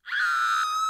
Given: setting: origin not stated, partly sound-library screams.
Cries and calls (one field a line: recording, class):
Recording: one-second piece from a danger detection set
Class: woman in danger